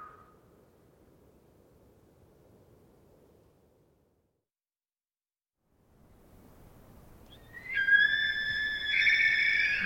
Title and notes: Wild Elk Screams. Elk Screams, multiple herds surround campsite in early morning hours, Recorded in the Beautiful Pacific Northwest in Washington, Untied States